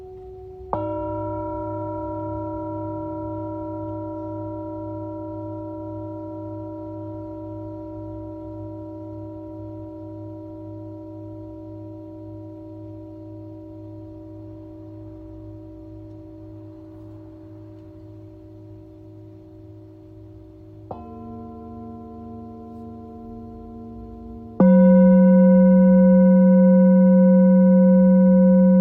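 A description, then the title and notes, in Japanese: A Tibetan singing bowl is struck near the start and rings with a long, pure, slowly fading tone carrying several steady overtones. Around 21 seconds a second strike adds a lower pitch, and near 25 seconds a louder, brighter strike rings on to the end. チベタンシンギングボウルサウンドヒーリング。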